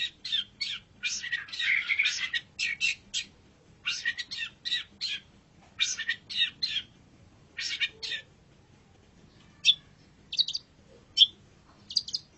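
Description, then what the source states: Long-tailed shrike song: dense, scratchy, buzzy chatter in rapid bursts, giving way to sharper, spaced notes toward the end. Indonesian name cendet; labelled masteran, a tutor track for training birds.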